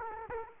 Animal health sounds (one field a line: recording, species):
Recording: mosquito wingbeat signal from an infrared sensor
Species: Aedes aegypti